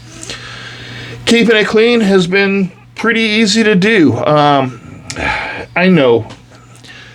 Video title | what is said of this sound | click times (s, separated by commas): Knife Review ZT 0044-TI (2026-03-20) | I mean, it just snaps right in. | 0.2 s